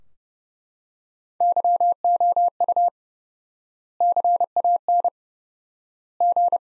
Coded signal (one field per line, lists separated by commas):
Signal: Morse code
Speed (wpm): 30 wpm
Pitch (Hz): 700 Hz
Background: none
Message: YOU CAN G